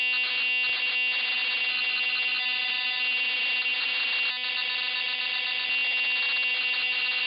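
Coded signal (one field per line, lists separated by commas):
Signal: computer data on cassette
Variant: MSX home computer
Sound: continuous harsh, raspy electronic screech with steady high whine, briefly interrupted by short dropouts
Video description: I've included the tediously long cassette loading sequence, so you can get a feel for the horrible experience that comes with having to load games from cassettes on the MSX homecomputer.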